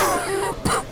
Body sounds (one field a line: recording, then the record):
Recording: coughing mixed with background sound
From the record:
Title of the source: Coughing 79